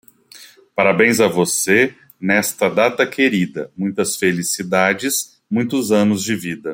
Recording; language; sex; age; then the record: short text; Brazilian Portuguese; male; 40 to 49 years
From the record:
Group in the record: control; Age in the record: 43 years